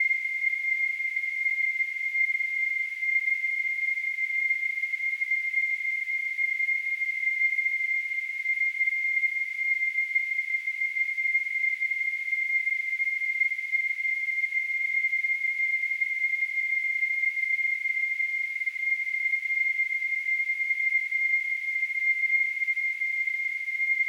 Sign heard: Tinnitus.